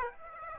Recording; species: mosquito wingbeat signal from an infrared sensor; Aedes aegypti